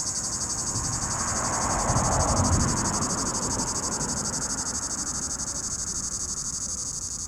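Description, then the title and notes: Cicada song, a steady high shrill buzz pulsing about four times a second, with a low rumble of passing traffic swelling in the middle. In an apple tree atop the Côte de Groisin, Chindrieux, France; 32°, traffic on the RD991; recorded with a Zoom H4n Pro, preamp level 100. "3029 Rte d'Aix, 73310 Chindrieux, France - cigale. Cigale dans un pommier au sommet de la côte de groisin, il fait 32°"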